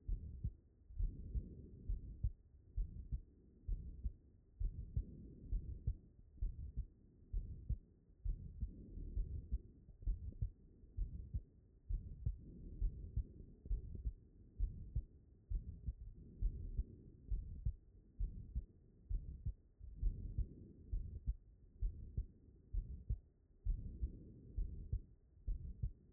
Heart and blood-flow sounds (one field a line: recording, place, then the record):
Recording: heart sounds by stethoscope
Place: aortic valve (AV)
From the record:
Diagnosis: non-HFrEF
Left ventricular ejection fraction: 63%